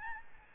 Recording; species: mosquito wingbeat signal from an infrared sensor; Aedes albopictus